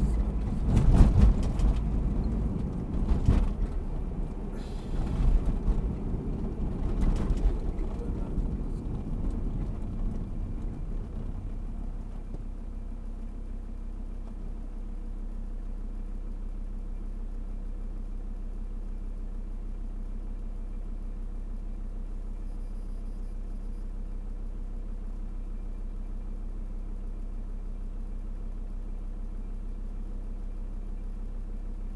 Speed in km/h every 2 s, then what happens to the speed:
49, 50, 47, 39, 27, 15, 3, 0, 0, 0, 0, 0, 0, 0, 0, 0.
3-13 brakes to 0. 13-32 standing.